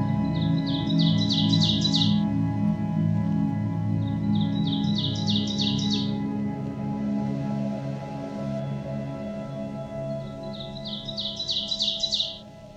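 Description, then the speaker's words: Ovenbird song: three bursts of rapidly repeated paired notes, each lasting over a second, separated by gaps of a few seconds, over a low rumble. Drab thrush-like warbler of deep hardwood forests of eastern North America; song remembered as 'teacher, teacher, teacher'. "Their song is easily recognized and can be remembered with the mnemonic, "Teacher, teacher, teacher.""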